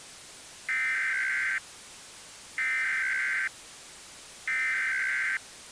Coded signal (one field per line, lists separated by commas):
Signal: Emergency Alert System (SAME) tones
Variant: header bursts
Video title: EAS remake: TOR in Houston (12/03/17)